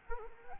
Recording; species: mosquito wingbeat signal from an infrared sensor; Anopheles arabiensis